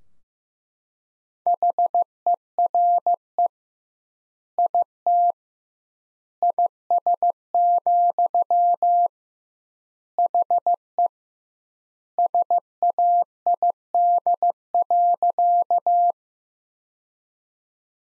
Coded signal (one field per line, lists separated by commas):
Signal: Morse code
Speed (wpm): 15 wpm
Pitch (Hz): 700 Hz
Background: none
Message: HERE IT IS, HE SAID.